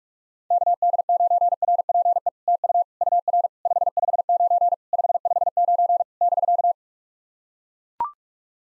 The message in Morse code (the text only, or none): KD9RPE TU UR 559 559 <BK>